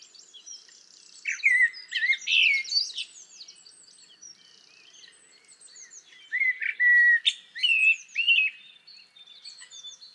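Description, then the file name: Common blackbird song: rich whistled warbles mixed with thin high twitters, in two bursts several seconds apart. "Turdus merula"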